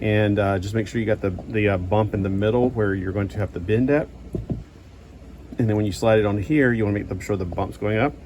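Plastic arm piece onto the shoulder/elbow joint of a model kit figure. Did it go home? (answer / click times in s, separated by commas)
no / none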